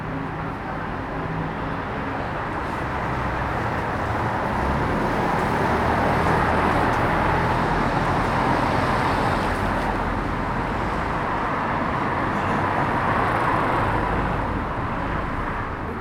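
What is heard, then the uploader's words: Traffic passes by outside, a steady, dense wash of road noise that swells gently around the middle and eases slightly toward the end. Beneath it runs a low, continuous rumble, with a faint murmur of activity across the street. Captured on a Friday evening on the street outside a small bar. Traffic is passing by as people are gathering in a bar opposite.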